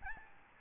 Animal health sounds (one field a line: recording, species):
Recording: mosquito wingbeat signal from an infrared sensor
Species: Aedes albopictus